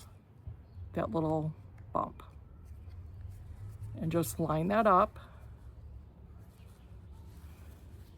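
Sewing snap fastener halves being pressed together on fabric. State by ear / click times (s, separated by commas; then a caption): not seated / none. Someone talks while finding the small bump on the underside of a sewing snap fastener and lining its two halves up by hand on fabric, with faint handling noise between the words. Nothing has snapped or clicked yet.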